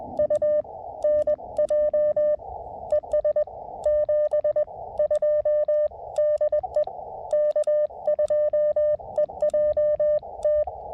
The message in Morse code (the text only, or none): U NJ ES 72 DE K2EJT